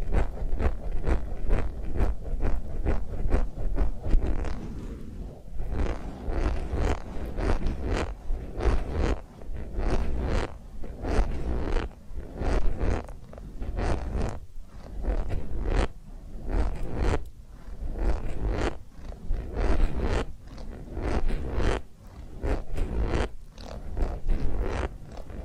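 Massage and ear cleaning sounds: a steady run of quick rubbing and scratching strokes, repeating every fraction of a second for the whole stretch. The strokes are full and rumbly with a crackly, papery edge, easing slightly in places before picking back up.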